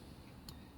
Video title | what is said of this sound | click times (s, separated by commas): Honda XL250 Restoration Part 11 | I can hear it seat. And it didn't seat properly. | 0.5 s